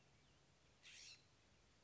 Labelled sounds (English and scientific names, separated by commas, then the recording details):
California Scrub-Jay (Aphelocoma californica)
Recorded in Sonoma County, California